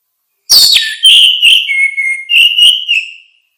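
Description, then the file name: Orange-headed thrush singing one continuous phrase of smooth, mellow whistles that step down and rise again, lasting about three seconds. "suara kicau burung anis merah"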